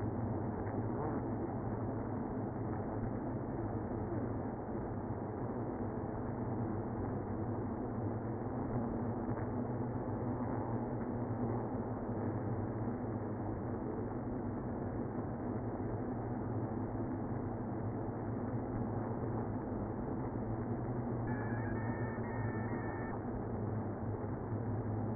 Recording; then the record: honeybee colony, microphone inside the hive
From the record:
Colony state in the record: queenless (queen removed); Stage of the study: after two queens were removed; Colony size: about 60,000 bees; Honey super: yes